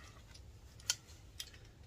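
A split locking ring is squeezed onto a corrugated stainless gas flex line until it sits in the groove between corrugations. It snaps into the valley with one sharp click at 0.9 s, followed by a softer tick at 1.4 s, over a low background hum. The ring is seated.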